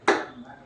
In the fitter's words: உள்ள அழுத்துனா லாக் ஆயிடுச்சு பாத்தீங்களா